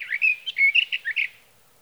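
Sage Thrasher giving a brief burst of quick, jumbled warbled notes that fades out.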